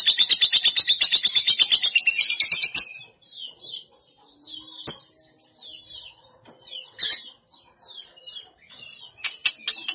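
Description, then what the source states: Canary song: fast loud rattling trill for three seconds, then softer scattered high twitters and chips. Kenari Jawara canary; Indonesian master song used for training birds.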